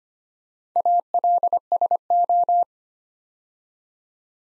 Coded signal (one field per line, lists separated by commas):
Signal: Morse code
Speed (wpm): 25 wpm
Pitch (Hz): 700 Hz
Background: none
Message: ALSO